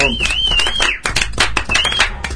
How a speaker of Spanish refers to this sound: pero un aplauso para ella.